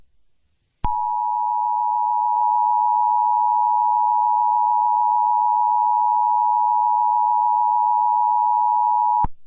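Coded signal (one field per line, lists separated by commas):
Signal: Emergency Alert System (SAME) tones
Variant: 853 and 960 Hz attention tone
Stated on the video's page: Fictional EAS scenario about a hurricane.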